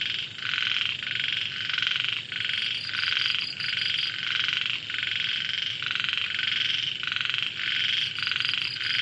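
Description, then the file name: Frog chorus of rasping croaks pulsing steadily, with fainter higher pulsed notes layered above. Recorded in Vietnam. "frogs very distant faint dog vietnam"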